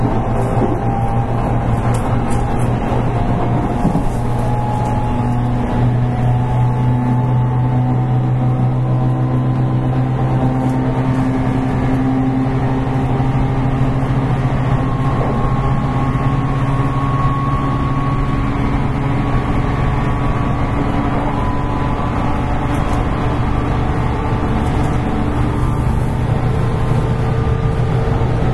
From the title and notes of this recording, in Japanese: JR813系 博多から折尾まで。JR九州 813系電車の走行音です。鹿児島線の快速列車にて収録しました。